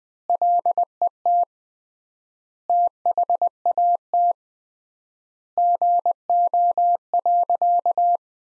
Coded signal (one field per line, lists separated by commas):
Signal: Morse code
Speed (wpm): 20 wpm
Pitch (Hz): 700 Hz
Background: none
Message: LET THAT GO.